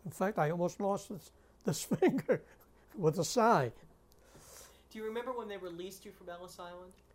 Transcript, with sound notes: In fact, I almost lost this finger ( he laughs )
Do you remember when they released you from Ellis Island